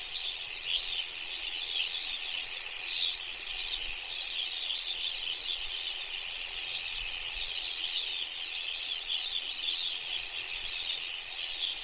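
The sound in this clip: Crickets in a continuous, high-pitched trilling chorus, a steady shimmering buzz with no pauses throughout, dense and unbroken from start to end.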